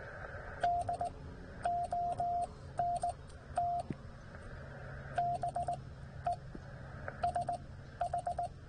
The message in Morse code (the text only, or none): DONT BE SH